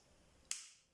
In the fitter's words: Voilà, on déclipse.